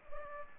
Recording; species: mosquito wingbeat signal from an infrared sensor; Culex pipiens